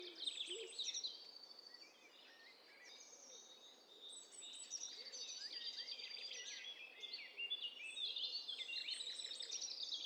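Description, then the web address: Several birds singing at once, a tangle of high chirps, whistles and rapid trills overlapping constantly over steady background hiss. Overlapping mix of several birds in a stereo bird cocktail party challenge test set. "Hi Fi STEREO BIRD COCKTAIL PARTY Challenge SBCP TESTSET HDBird Cocktail Party"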